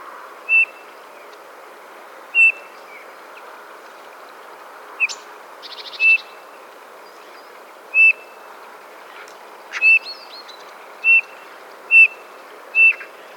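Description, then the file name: Eurasian bullfinch calls: soft, short level piping whistles repeated at short, irregular intervals, with a few sharper chirps between them. "Pyrrhula pyrrhula"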